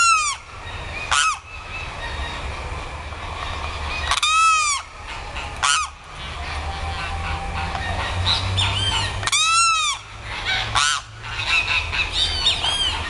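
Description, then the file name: Limpkin giving loud, harsh wailing calls, each an arched, ringing cry under a second long, repeated irregularly with softer calls between over a steady background hiss. "canto do carao"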